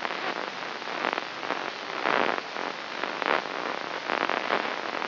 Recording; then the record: brain microelectrode recording played as sound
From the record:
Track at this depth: inside the subthalamic nucleus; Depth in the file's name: 5.911 mm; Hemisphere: left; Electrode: 3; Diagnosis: Parkinson's disease